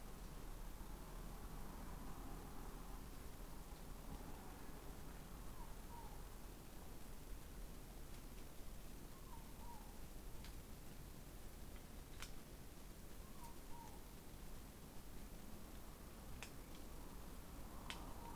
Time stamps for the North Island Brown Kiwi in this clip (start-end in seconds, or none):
none